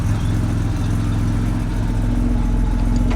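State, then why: Not seated. A driver moves the gear lever of a classic manual car toward first gear, listening for the gearbox to clunk into engagement. A steady low engine idle with harmonic hum fills the clip, but nothing has seated or clicked yet.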